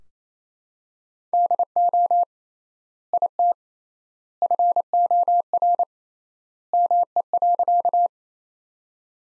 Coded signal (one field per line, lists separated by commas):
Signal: Morse code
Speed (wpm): 28 wpm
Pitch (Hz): 700 Hz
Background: none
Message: DO IT FOR ME.